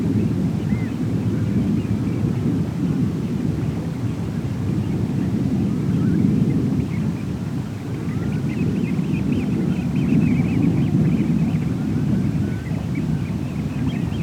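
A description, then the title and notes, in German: At low tide in the Leyhörn nature reserve, a steady, dense low rumble of wind persists, with faint high chirps scattered throughout. Naturschutzgebiet Leyhörn bei Ebbe im Dezember. Es war ein grauer Dezember Nachmittag als ich beschloss ein paar Aufnahmen in der Nähe des Pilsumer Leuchtturms anzufertigen. Es sollten noch vier Stunden bis Hochwasser dauern und die verschiedenen Vögel sorgten für eine entsprechende Geräuschkulisse.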